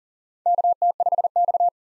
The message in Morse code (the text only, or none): KT5X